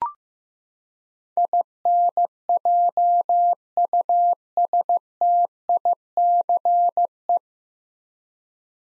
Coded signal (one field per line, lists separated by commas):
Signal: Morse code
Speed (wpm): 15 wpm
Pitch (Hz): 700 Hz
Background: none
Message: INJUSTICE